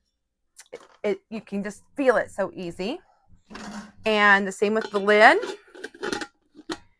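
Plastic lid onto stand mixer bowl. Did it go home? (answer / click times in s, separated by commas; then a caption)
yes / 6.1 s, 6.7 s. Someone talks while fitting a plastic lid onto a Bosch stand mixer bowl and turning it until it locks. Short clicks are heard at 6.1 s and 6.7 s as the lid clicks into place.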